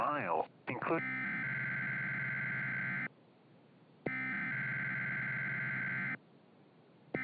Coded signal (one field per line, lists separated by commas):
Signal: Emergency Alert System (SAME) tones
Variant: header bursts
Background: speech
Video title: The Vortex (EAS Scenario)